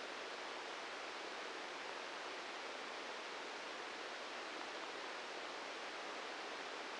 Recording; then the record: brain microelectrode recording played as sound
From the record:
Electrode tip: inside the subthalamic nucleus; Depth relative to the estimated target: -1 mm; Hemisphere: right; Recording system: NeuroSet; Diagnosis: Parkinson's disease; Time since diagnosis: 13 years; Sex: male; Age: 65 years